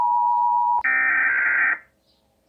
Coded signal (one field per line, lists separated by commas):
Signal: Emergency Alert System (SAME) tones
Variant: header bursts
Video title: THE ACTUAL EAS ALARM FOR ALL U.S STATES